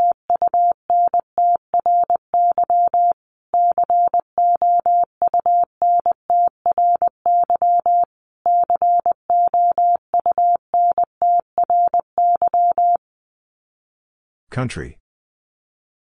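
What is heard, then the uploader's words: Morse code beeps on a single steady mid-pitched tone, quick dots and dashes in irregular groups for thirteen seconds, then a brief noisy burst. Top 300 Words Repeated 20wpm. First, the word is sent three times in Morse code. Finally, it is sent again in Morse code.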